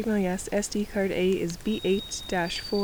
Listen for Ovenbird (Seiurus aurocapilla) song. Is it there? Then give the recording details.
no. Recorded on 2 June 2016 at 09:37. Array SBT-3-7